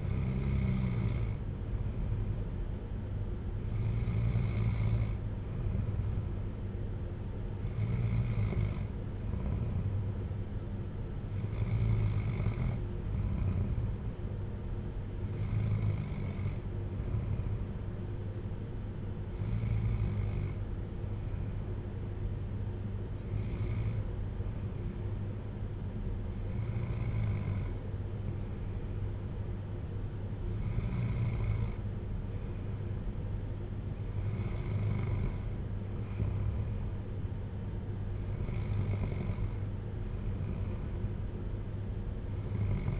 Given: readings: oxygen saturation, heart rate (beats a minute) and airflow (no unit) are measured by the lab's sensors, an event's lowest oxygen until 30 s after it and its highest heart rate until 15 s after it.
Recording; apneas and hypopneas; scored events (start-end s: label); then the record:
breathing in sleep by a smartphone at the bedside; none
none scored
From the record:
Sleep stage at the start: N2 (light sleep); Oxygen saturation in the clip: 94 to 95%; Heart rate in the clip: 55 to 61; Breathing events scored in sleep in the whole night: 310 in 8.1 hours asleep